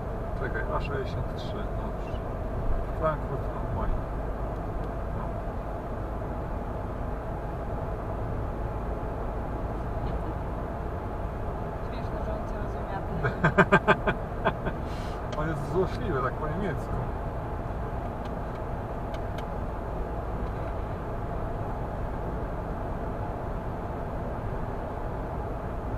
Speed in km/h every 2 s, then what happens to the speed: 69, 69, 72, 73, 76, 78, 77, 77, 77, 77, 77, 77, 77.
0-9 speeds up to 78. 9-26 steady at about 77.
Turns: none.